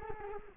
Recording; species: mosquito wingbeat signal from an infrared sensor; Culex quinquefasciatus